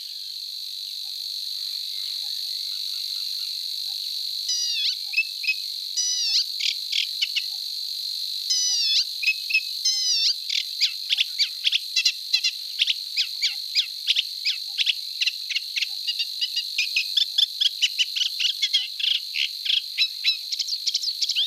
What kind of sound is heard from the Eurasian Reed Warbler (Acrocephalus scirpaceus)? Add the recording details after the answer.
song. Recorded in the wild. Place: NSG Kittlitzer Hofsee, Schleswig-Holstein, DE. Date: 1986-05-15. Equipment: Uher Report Monitor. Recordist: Schwarz, Dieter. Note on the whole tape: Song